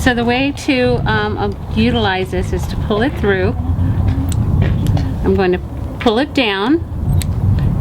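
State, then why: Seated. A quick-release snap on a horse tie is pulled through and down while someone talks, over a steady background rumble. The snap pops in with a sharp click at 7.2 seconds and is seated.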